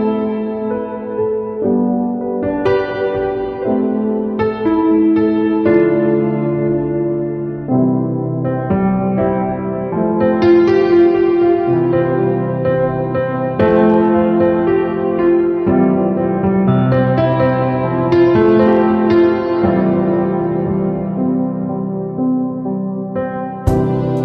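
Gentle nature music with sustained, warm chords that shift every couple of seconds, each swell rich in overtones and ringing into the next. A steady low rumble sits underneath throughout, and the level stays even, ending with a brief bright click near the close.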